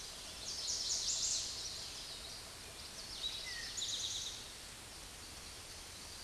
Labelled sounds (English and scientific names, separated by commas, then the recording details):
Eastern Towhee (Pipilo erythrophthalmus) song
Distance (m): 40 m
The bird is about 5 m above the microphone
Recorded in a Pennsylvania forest on 16 May 2024 at 06:08
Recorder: AudioMoth, point MSD-0475
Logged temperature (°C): 12.3 °C
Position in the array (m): 108 m, 6 m